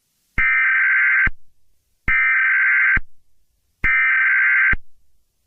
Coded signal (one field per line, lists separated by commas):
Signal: Emergency Alert System (SAME) tones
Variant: header bursts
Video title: @BirecTV Releases New EAS Test For BIRECTVS Alert Ready System